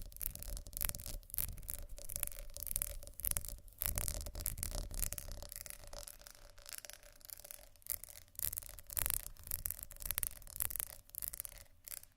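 Scratching and rubbing on textured glass, a dense run of short gritty strokes and brittle clicks that keeps going for the whole twelve seconds. The strokes come quickly and unevenly, bright and scraping on top, with a steady faint low hum underneath.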